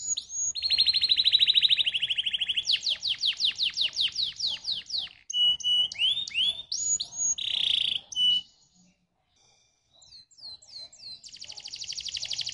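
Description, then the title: Atlantic canary song, buzzy trills and fast repeated notes, a short silence about two-thirds of the way through, then a soft buzzy roll returns. Canary song played to warm up and stimulate canaries so they start singing. "Canto Para Esquentar Canário Belga. SUARA MASTERAN AMPUH BANYAK BURUNG KENARI CEPAT BUNYI GACOR DENGAN SUARA KENARI INI"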